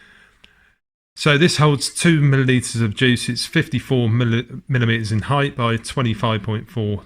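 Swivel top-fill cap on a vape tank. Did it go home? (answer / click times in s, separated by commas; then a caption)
yes / 0.4 s. The swivel top-fill cap on the Smok Species Kit (EU Edition) vape tank is pushed back closed over the e-liquid fill port. It locks into place firmly with a single sharp tick at 0.4 s. After a short silence, someone talks for the rest of the clip.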